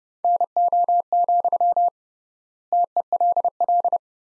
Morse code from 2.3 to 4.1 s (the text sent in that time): TELL